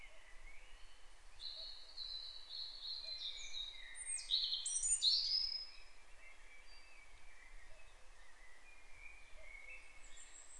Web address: SETE data Erithacus rubecula